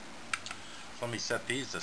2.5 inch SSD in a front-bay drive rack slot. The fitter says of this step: and then when you're done using it you can simply pop it right back out